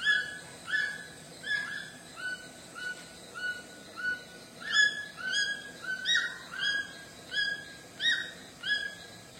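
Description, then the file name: White-throated toucan song of regular, strident yelps, about one and a half per second. "canto do tucano grande de papo branco"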